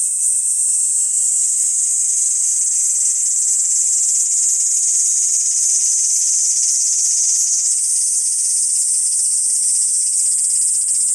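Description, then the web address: Kaempfer cicada buzzing in one unbroken high-pitched drone, its tone stepping up slightly near the end. "ニイニイゼミ. arpla 自然音研究室"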